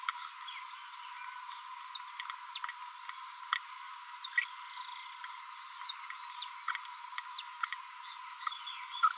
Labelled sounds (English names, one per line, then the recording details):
Green-rumped Parrotlet babbling
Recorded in a nest box in Venezuela
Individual 18B25A3